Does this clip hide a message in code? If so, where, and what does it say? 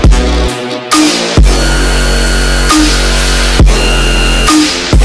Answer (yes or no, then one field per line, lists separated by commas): no